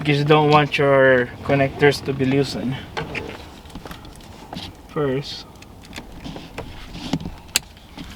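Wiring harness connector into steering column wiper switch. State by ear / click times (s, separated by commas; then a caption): seated / 7.6 s. On a 1996 Honda Civic EX coupe, the wiring harness connector is pushed into the steering column wiper switch while the switch is reinstalled. Someone talks at first, then soft handling noises follow. A sharp, loud click at 7.6 seconds marks the connector seating properly.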